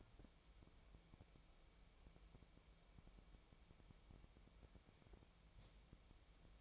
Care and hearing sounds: daily activity, microphone in the room; wipe stove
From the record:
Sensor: 1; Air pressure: 1001.6 hPa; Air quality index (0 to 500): 218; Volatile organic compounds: 28 ppm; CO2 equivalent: 2904 ppm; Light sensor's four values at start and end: 7/29/10/11 and 7/28/10/11

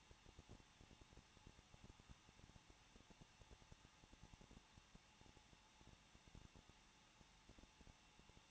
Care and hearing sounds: daily activity, microphone in the room; no activity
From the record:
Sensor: 1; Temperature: 20.1 degrees Celsius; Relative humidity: 39.2%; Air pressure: 1006.3 hPa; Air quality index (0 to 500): 218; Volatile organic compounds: 78 ppm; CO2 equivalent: 3594 ppm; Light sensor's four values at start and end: 1/2/1/1 and 1/2/1/1

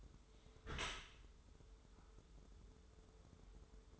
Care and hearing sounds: daily activity, microphone in the room; close dishwasher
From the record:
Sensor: 3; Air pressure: 1015.0 hPa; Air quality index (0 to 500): 40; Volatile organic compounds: 1 ppm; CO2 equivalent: 596 ppm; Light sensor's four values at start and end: 12/26/11/11 and 12/26/11/11

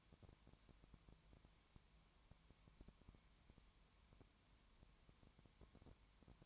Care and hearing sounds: daily activity, microphone in the room; no activity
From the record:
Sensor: 3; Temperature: 20.1 degrees Celsius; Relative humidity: 31.4%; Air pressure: 1001.3 hPa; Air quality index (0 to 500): 74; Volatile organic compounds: 1 ppm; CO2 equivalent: 698 ppm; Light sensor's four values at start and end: 2/3/2/2 and 2/3/2/2

